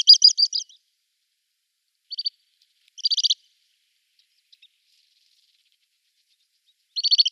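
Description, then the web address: Little stint calls in brief high, rattling bursts of quick notes, separated by silent gaps, with a final burst at the end. Male in display flight. "Schulze Peter Little Stint"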